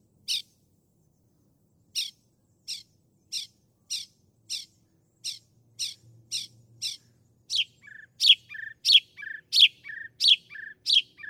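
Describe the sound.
Northern mockingbird singing sharp downslurred notes repeated in a steady series, later alternating with lower short whistled notes in a quickening pattern.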